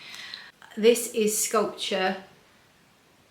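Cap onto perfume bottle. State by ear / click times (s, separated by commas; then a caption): not seated / none. Someone puts the cap back on a discontinued Nikos Sculpture perfume bottle, making two short taps at 0.3 s and 0.6 s as it touches the bottle, while someone talks. The cap does not latch, and nothing has clicked in or stayed on.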